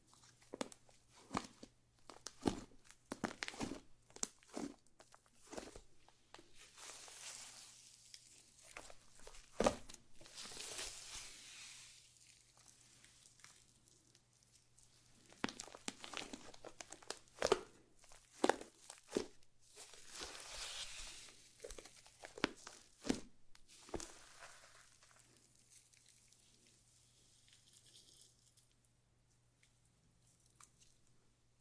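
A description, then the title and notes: Slime being squished and stretched gives sticky crackles and pops in irregular bursts, with a steady low hum and a quieter final stretch. Satisfying ASMR Slime To Cause Your Tingles ~No Talking.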